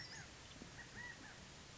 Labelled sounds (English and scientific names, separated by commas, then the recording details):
California Quail (Callipepla californica)
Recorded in Sonoma County, California